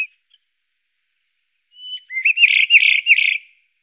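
White-crowned wheatear song: a short steady whistle, then a rising note leading into a quick undulating warble lasting about a second and a half.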